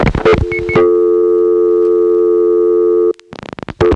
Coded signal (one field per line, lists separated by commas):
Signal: telephone call progress tone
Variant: North America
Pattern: dial tone